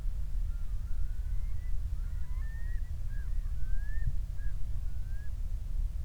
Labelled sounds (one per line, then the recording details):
loon
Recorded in the Prudhoe Bay oil fields, Alaska, on 28 July 2019 at 05:47
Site 25